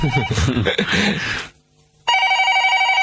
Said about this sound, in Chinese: 哦，听电话先吓。